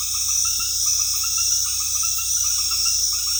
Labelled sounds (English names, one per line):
none